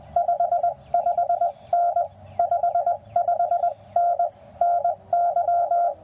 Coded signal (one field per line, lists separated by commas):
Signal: Morse code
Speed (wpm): 19 wpm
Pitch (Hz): 700 Hz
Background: radio noise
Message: 55N 55N NY